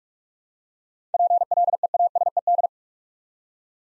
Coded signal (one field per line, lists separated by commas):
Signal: Morse code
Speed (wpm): 44 wpm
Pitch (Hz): 700 Hz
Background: none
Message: PLEASED